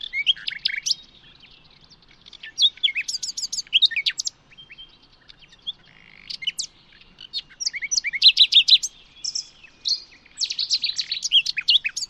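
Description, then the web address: Bird singing lively, jumbled phrases of high chirps, rapid trills and short whistled slurs, in busy bursts with brief gaps. "birddata Deverinetal 2025 Bird Only Lu Me"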